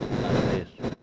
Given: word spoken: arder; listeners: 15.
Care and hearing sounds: one Spanish word in noise, from a listening test; noise modulated by one talker; -7.4 dB; 2 of 15; 7 of 15; 0.63 s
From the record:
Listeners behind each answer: 7, 4, 2, 1, 1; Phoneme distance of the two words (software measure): 17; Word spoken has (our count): 2 syllables, 5 phonemes, stress on syllable 2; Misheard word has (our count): 2 syllables, 4 phonemes, stress on syllable 2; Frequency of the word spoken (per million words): 2.51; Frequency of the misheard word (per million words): 629.68

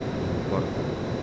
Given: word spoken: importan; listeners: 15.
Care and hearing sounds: one Spanish word in noise, from a listening test; speech-shaped noise; -4.3 dB; 0 of 15; 6 of 15; 0.83 s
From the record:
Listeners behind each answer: 6, 1, 1, 1, 1, 1, 1, 1, 1, 1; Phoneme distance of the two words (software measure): 7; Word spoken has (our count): 3 syllables, 8 phonemes, stress on syllable 2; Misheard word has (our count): 3 syllables, 7 phonemes, stress on syllable 2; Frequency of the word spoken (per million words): 4.16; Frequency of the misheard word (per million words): 55.87

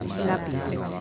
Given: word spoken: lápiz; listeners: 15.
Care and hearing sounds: one Spanish word in noise, from a listening test; eight-talker babble; -2.5 dB; 5 of 15; 7 of 15; 0.60 s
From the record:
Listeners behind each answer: 7, 5, 2, 1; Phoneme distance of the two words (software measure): 14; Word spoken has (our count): 2 syllables, 5 phonemes, stress on syllable 1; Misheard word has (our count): 3 syllables, 7 phonemes, stress on syllable 2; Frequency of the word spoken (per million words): 8.04

